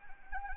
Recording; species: mosquito wingbeat signal from an infrared sensor; Anopheles gambiae